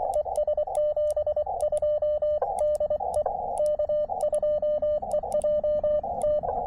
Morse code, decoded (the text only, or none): E S 72 DE K2EJT